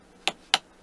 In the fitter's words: there we are you heard that nice little snap and then I just pull it from here and I have my